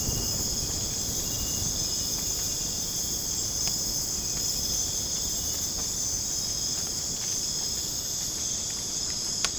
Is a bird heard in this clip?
no